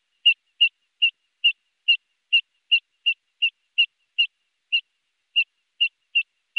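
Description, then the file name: Eurasian dotterel giving a run of many clear, short whistled calls. "Fjallpipare"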